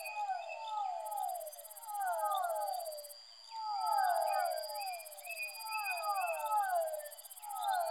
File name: soundscape with amphibian vocalizations of physalaemus fischeri